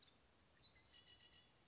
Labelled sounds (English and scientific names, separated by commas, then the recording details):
Red-winged Blackbird (Agelaius phoeniceus)
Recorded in Sonoma County, California